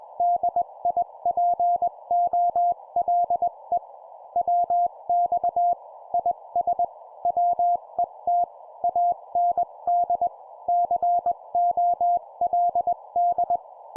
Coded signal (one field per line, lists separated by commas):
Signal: Morse code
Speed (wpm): 21 wpm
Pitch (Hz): 700 Hz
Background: none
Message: DIPOLE WX IS WET AND COLD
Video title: 20wpm CW CQ QSO Operation Sample, CW morse code